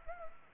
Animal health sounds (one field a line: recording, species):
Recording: mosquito wingbeat signal from an infrared sensor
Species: Anopheles gambiae